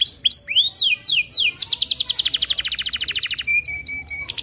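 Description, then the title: Atlantic canary song: a few looping whistled slurs, then a fast pulsing trill, ending with a flat pure whistle and short clicks. Canary from the Indonesian songbird hobby, described as 'gacor' (singing vigorously) with top 'cengkok' phrasing and very rich 'isian' fill-in phrases. "Kenari Gacor Cengkok Terbaik Isian Paling Mewah Kenarigacor Kicaumania Kenari"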